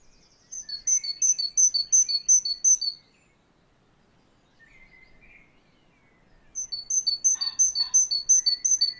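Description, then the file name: Great tit song: two bursts of rapid, high, evenly spaced chirping notes, separated by a quiet gap with a soft lower note. "Canto do chapins real"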